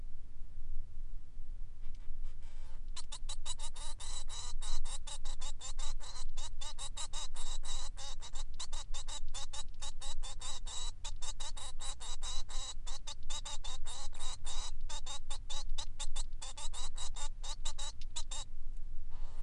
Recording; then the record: song of a male Bengalese finch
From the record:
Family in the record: son of father 3